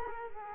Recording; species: mosquito wingbeat signal from an infrared sensor; Culex quinquefasciatus